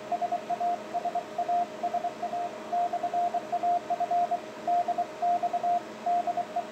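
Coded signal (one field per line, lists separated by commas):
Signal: Morse code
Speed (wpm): 24 wpm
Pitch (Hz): 700 Hz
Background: radio noise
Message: SA SA SA/AF DX DE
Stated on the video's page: CW on 160 m.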